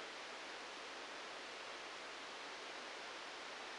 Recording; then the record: brain microelectrode recording played as sound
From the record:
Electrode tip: outside the subthalamic nucleus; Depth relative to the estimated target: 0 mm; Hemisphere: right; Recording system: NeuroSet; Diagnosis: Parkinson's disease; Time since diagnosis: 9 years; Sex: male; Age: 56 years